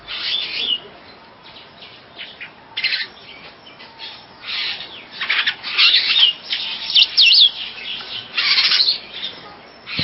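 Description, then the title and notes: Bird chirping with sparse raspy notes at first, building into a denser run of twittering, trilled phrases toward the end. "Bird Sound. Kicau Burung Lengkap"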